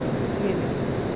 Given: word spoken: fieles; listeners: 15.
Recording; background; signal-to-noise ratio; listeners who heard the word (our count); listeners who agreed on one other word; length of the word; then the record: one Spanish word in noise, from a listening test; speech-shaped noise; -6.4 dB; 0 of 15; 9 of 15; 0.76 s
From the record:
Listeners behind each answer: 9, 2, 1, 1, 1, 1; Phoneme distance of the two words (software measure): 20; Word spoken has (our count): 2 syllables, 6 phonemes, stress on syllable 1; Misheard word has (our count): 2 syllables, 6 phonemes, stress on syllable 1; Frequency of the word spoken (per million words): 17.63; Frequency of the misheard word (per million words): 75.19